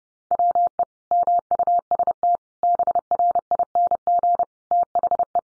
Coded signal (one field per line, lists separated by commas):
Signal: Morse code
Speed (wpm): 30 wpm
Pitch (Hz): 700 Hz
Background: none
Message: WE MUST BRING THE